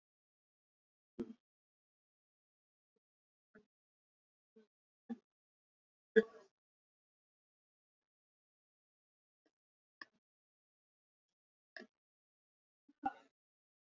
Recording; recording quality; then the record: counting at a normal pace; poor, much background noise or distortion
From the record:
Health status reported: healthy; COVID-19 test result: negative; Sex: male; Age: 33 years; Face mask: worn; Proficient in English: yes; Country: India